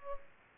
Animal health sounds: mosquito wingbeat signal from an infrared sensor; Culex pipiens

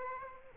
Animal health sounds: mosquito wingbeat signal from an infrared sensor; Aedes aegypti

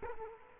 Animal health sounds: mosquito wingbeat signal from an infrared sensor; Culex quinquefasciatus

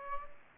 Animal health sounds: mosquito wingbeat signal from an infrared sensor; Aedes aegypti

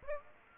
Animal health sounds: mosquito wingbeat signal from an infrared sensor; Aedes aegypti

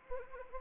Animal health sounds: mosquito wingbeat signal from an infrared sensor; Anopheles arabiensis

